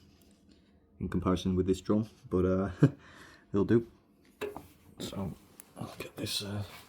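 Someone talks while handling the door of a front-loading washing machine, a door that needs quite a hit to latch or the machine asks for it to be closed. A few short knocks come around 4.3 to 4.6 s, but the door latch has not caught yet.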